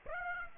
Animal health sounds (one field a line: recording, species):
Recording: mosquito wingbeat signal from an infrared sensor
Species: Aedes aegypti